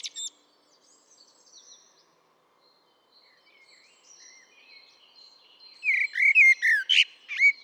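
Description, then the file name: Common blackbird: after faint high twittering and quiet notes, a loud phrase of rich whistles and squeaky flourishes near the end. "Turdus merula"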